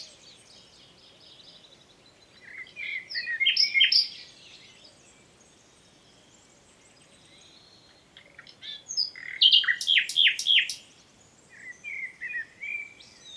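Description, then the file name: Common nightingale song: two separate phrases of sharp chirps and repeated notes, with quiet gaps between them and a short softer phrase at the end. "Luscinia megarhynchos"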